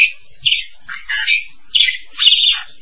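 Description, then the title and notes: Starling song: a few scratchy, buzzy notes and rasping chatters in short separate bursts. "suara burung jalak"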